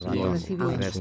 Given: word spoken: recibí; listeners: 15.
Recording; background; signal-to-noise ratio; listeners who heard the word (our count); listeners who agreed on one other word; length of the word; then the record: one Spanish word in noise, from a listening test; four-talker babble; -2.2 dB; 0 of 15; 7 of 15; 0.61 s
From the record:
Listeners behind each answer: 7, 2, 1, 1, 1, 1, 1, 1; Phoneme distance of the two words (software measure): 7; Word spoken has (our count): 3 syllables, 6 phonemes, stress on syllable 3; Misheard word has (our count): 3 syllables, 7 phonemes, stress on syllable 3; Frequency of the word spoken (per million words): 6.76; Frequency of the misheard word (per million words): 66.28